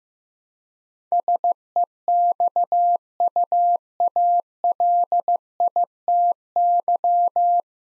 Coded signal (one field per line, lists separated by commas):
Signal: Morse code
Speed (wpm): 15 wpm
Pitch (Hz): 700 Hz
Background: none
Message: SEXUALITY